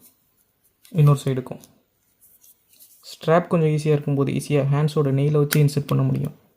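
Someone talks while pushing the spring bar of a leather watch strap into the hole in a metal watch case lug, using a fingernail to compress it. A faint, brief tap is heard around 2.4 s between phrases, but the spring bar has not seated or clicked into the lug yet.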